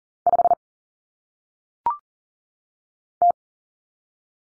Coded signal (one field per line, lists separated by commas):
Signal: Morse code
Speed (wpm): 40 wpm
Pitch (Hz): 700 Hz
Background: none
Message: 5 T